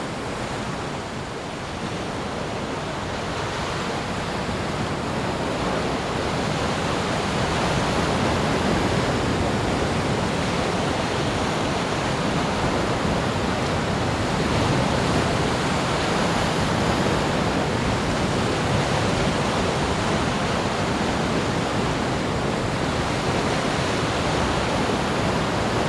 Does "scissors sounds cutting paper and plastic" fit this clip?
no